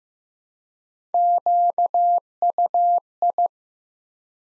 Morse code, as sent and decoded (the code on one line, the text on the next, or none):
--.- ..- ..
QUI